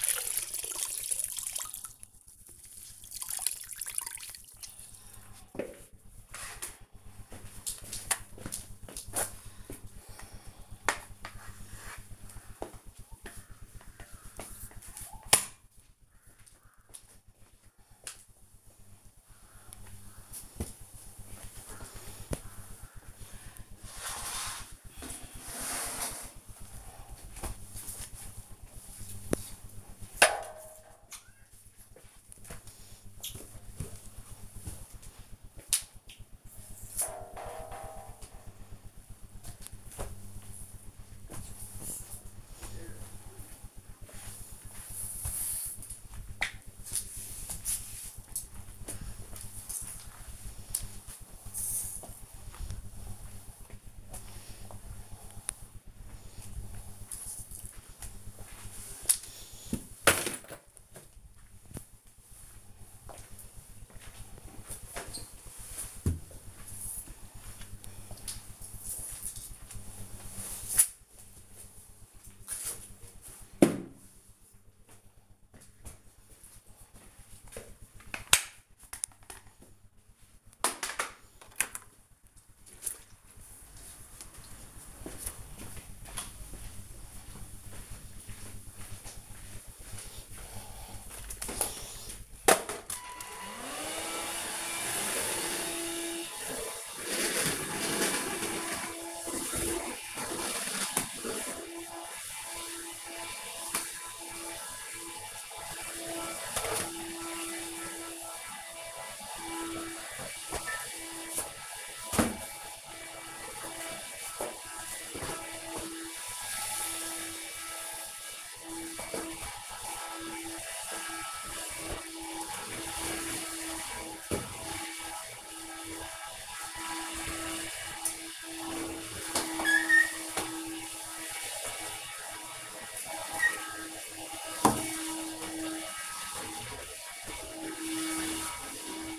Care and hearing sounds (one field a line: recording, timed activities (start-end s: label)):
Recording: household activities, microphone on the right wrist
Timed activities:
0.00-75.35 s: floor cleaning
91.46-139.19 s: vacuum cleaning